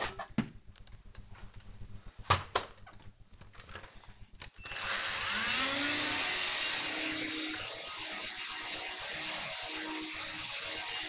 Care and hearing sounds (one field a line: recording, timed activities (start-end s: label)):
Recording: household activities, microphone on the right wrist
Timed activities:
0.83-11.09 s: vacuum cleaning